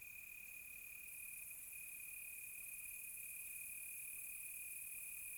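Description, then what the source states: Crickets: one steady high ringing tone held throughout, with a fainter shimmering layer far above it. Close crickets on a quiet tropical night.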